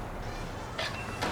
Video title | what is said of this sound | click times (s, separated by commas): The Mercedes-Benz A 250 e Saloon Review from LSH Auto UK | you'll hear it lock into position | 0.8 s